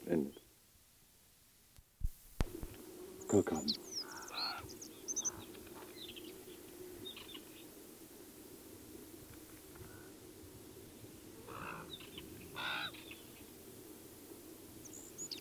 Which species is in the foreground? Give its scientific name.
Oenanthe isabellina